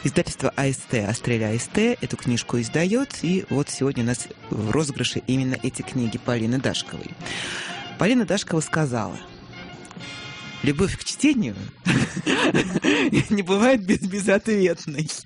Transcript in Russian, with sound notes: Издательство АСТ, Астрель-АСТ эту книжку издает, и вот сегодня у нас в розыгрыше именно эти книги Полины Дашковой. Полина Дашкова сказала: «Любовь к чтению (смеется) не бывает безответной».